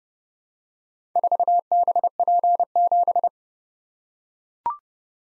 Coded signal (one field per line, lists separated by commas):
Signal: Morse code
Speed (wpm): 30 wpm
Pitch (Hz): 700 Hz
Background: none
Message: 4BP7